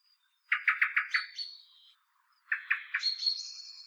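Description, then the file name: Common blackbird making two quick runs of hard clucking notes, each trailing into a thin, high, drawn-out squeal. "Turdus merula"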